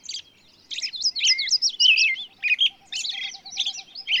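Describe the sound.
Bird song, fast twittering and warbling with zigzag slurred notes, nearly continuous, over a faint steady low pulsing tone.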